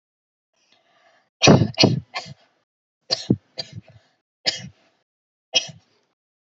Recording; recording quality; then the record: shallow voluntary cough; excellent, no background noise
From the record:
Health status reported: healthy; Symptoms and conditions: none ticked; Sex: female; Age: 23 years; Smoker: not ticked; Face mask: not worn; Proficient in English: yes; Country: India